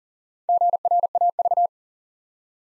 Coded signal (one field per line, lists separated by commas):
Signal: Morse code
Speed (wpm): 40 wpm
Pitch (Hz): 700 Hz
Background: none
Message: GRAV